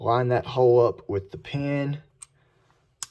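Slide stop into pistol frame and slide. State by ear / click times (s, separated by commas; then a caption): seated / 3.0 s. Someone talks while the slide of a Hi Capa pistol is held back and the slide stop pin is lined up with the hole and pushed down into the frame and slide. After a quiet pause with faint ticks, a sharp click at 3.0 s marks the slide stop seating in place.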